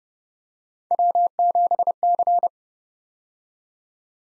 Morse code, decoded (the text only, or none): W7C